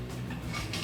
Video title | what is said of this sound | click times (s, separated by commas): Fixing Fluorescent Light having Tubes with SlantedEnd Pins | It snaps into place, | 0.7 s